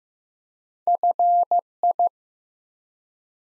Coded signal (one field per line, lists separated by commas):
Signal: Morse code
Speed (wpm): 15 wpm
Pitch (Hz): 700 Hz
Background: none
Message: FI